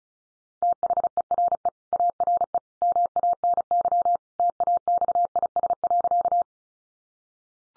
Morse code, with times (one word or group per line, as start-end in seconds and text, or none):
0.6-1.7 THERE
1.9-2.6 ARE
2.8-4.2 MANY
4.4-6.4 TAXIS.